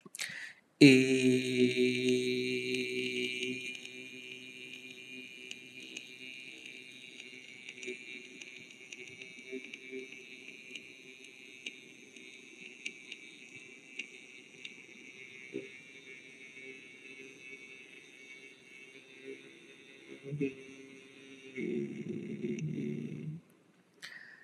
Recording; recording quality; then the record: sustained vowel as in made; moderate, slight background noise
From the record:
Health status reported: healthy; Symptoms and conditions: none ticked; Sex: male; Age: 26 years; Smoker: not ticked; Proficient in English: yes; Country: India